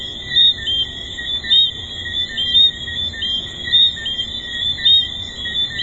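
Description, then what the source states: Tree frogs give loud short whistles about once a second over a constant shrill background chorus of many similar frogs. Recorded at the Hedonism II resort.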